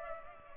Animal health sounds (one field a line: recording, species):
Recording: mosquito wingbeat signal from an infrared sensor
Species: Culex pipiens